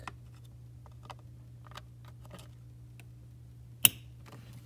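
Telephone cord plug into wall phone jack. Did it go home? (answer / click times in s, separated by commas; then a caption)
yes / 3.9 s. One end of a telephone cord, with a plastic modular plug, is pushed into a wall phone jack behind a chair. Faint small ticks and rustles sit over a steady low hum, then a sharp, bright click at 3.9 s marks the plug seating in the jack.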